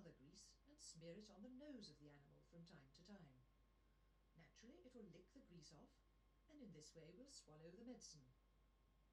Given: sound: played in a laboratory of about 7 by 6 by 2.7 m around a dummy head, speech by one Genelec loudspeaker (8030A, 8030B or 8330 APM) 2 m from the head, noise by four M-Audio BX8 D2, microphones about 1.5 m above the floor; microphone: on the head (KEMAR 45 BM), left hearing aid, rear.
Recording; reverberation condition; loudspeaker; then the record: female speech in English; low; 30 degrees to the right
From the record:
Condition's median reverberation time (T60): about 310 ms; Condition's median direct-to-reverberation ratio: about 3.5 dB